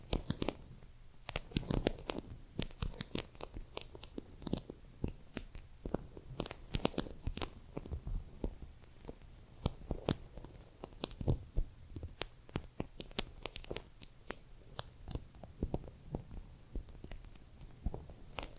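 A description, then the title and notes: Small corks and tiny bottles being handled, with brushing over a vinyl surface, give a dense run of sharp clicks and ticks throughout. The taps come irregularly, sometimes clustered, sometimes sparse, over a faint low hum and soft crinkly rustle. ASMR Tiny Mics - Mighty Tingles Mic Testing（No Talking）. Cork, tiny bottles, vinyl, brushing.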